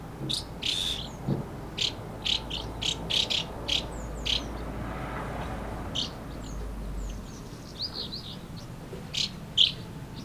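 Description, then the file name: Swallow calls, sharp chirps in short clusters with pauses, some thin slurred notes, over a low rumbling background. Swallows recorded at Amblagnieu on 2 July 2017 with a MiniDisc recorder. "Hirondelles Amblagnieu"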